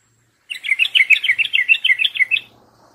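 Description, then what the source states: Yellow-vented Bulbul song: a quick two-second run of chirpy, warbled notes after a short silence, fading out at the end. Masteran tutor song for training songbirds; tembakan-style song from a champion trucukan.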